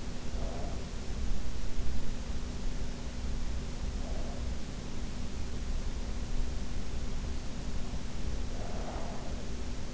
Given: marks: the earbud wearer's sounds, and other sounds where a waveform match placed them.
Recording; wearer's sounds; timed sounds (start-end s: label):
sounds in sleep by an in-ear microphone; breath
0.00-1.17 s: breath
8.44-9.57 s: breath